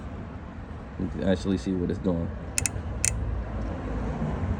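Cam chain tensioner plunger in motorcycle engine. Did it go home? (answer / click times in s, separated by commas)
yes / 2.6 s, 2.7 s, 3.1 s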